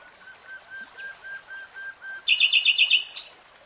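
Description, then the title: Nightingale song: a row of soft, evenly spaced whistled notes, then a sudden loud, fast series of sharp repeated notes. Nightingale singing, in real time. "[Tiếng chim hót] 3 Hours REALTIME Nightingale Singing"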